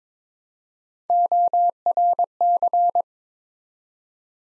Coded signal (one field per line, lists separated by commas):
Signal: Morse code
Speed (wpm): 21 wpm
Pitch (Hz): 700 Hz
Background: none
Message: ORC